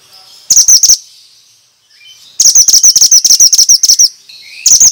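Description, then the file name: Bird song: a short chirp burst, then a long run of rapid high ringing notes, ending with another quick burst. Bird sound used as a lure for stressed birds; 'suara mantenan' sound. "Pancingan Ampuh Burung Stress Suara Mantenan"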